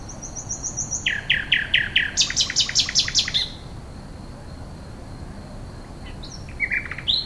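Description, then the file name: Common nightingale song: high thin notes lead into two series of rich repeated notes, the second higher, then a pause and a few soft chirps. "rossignol"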